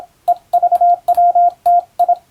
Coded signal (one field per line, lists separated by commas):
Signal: Morse code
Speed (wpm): 26 wpm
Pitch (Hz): 700 Hz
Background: radio noise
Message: EVWTI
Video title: モールス練習ビデオ、スマホ時代の今でも行われているモールスの国家試験の練習風景です。アマチュア無線ハムの受信練習にもどうぞ(morse code practice radio operator )